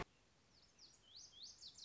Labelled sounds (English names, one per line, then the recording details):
Lazuli Bunting
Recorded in Sonoma County, California